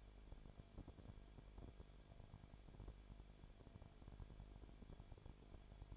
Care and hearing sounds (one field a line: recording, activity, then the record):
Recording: daily activity, microphone in the room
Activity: no activity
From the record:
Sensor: 5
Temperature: 19.8 degrees Celsius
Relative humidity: 33.3%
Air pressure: 1001.4 hPa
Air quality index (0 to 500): 32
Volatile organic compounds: 1 ppm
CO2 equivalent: 526 ppm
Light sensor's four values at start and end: 2/3/1/1 and 2/3/1/1